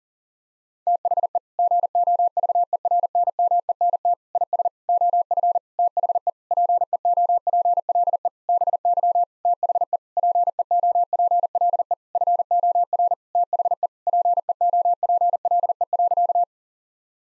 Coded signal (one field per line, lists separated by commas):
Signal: Morse code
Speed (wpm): 37 wpm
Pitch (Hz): 700 Hz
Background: none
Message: THE GOVERNMENT IS OF THE PEOPLE BY THE PEOPLE FOR THE PEOPLE.